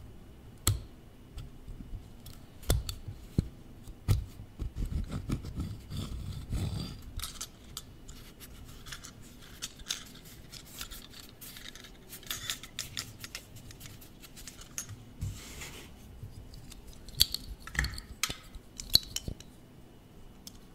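Office objects are tapped and traced up close, giving sharp clicks and taps scattered irregularly through the clip. Between taps come soft scratchy tracing and rubbing sounds, with a low rumbling thud around five to seven seconds and a quiet steady hiss underneath.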